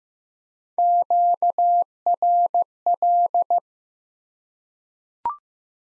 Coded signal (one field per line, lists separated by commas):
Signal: Morse code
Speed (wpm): 15 wpm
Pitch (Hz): 700 Hz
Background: none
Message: QRL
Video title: Top 20 QSO Elements 15wpm